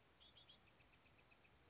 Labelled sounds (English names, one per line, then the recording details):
Bewick's Wren
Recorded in Sonoma County, California